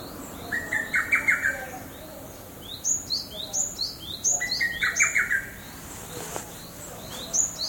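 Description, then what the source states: Lesser cuckoo song: two bursts of rapid chattering notes, alongside quick high downslurred notes repeated through the second half, over steady background hiss. Heard along a walking path (sanpomichi) in Japan.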